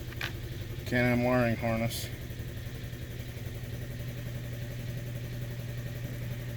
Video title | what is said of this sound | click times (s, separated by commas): STRAIGHT SAVAGE X3 PART 1 | Go till it snaps. | 0.1 s, 0.2 s